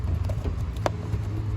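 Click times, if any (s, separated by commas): 0.9 s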